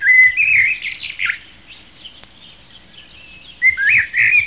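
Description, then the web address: Sparrow chirps, bright rising and falling tweets in a short flurry, then a pause before another lively burst of chirping. "Animals Sparrows"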